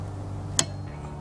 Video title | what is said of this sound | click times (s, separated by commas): Windshield Wiper Blades: A DIY Lesson How To Change Windshield Wiper Blades | heard that click | 0.6 s